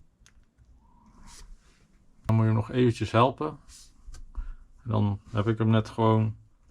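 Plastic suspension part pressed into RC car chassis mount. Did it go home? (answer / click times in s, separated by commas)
no / none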